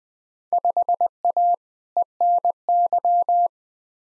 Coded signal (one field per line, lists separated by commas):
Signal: Morse code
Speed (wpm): 20 wpm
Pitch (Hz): 700 Hz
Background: none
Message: 5A ENY